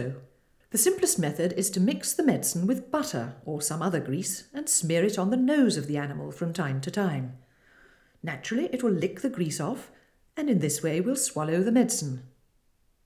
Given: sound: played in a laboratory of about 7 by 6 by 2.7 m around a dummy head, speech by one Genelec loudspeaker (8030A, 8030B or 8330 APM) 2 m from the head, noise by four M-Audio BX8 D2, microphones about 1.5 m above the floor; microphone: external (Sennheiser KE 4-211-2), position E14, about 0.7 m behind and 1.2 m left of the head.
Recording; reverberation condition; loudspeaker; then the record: female speech in English; medium; 120 degrees to the left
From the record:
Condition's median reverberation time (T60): about 510 ms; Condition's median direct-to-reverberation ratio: about -0.5 dB